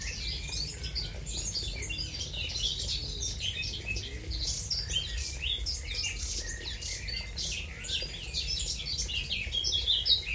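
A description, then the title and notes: Many birds sing and chirp at once at Bottengoms, Wormingford, Essex, a dense, overlapping chorus of bright, quick calls that never lets up across the ten seconds. A steady low rumble sits underneath, and the level stays fairly even, rising slightly near the end. Bottengoms, Wormingford, Essex. The exhibition includes a sound recording made at Ronald Blythe’s garden by artist Stuart Bowditich. Birds that can be heard include Garden Warbler, Blackcap, Dunnock, Wren, Chiffchaff, Starling, Blue Tit, Linnet, Nightingale, Bullfinch, Wood Pigeon, Redstart and Willow Warbler.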